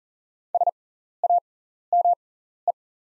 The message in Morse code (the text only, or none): SAME